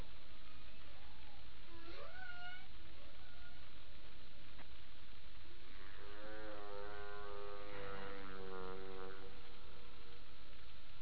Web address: Passive Acoustic Sensing Humpbacks In HARPdata 20090428